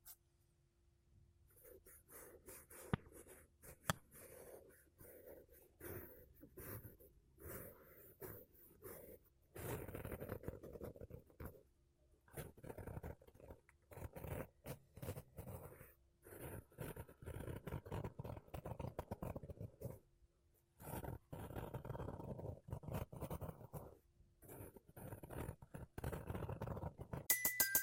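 Makeup brushes and a sponge rub across a microphone in bursts of soft, scratchy swishing, with short quiet gaps between strokes. The brushing grows denser and fuller from about ten seconds on, and a faint steady low hum runs underneath.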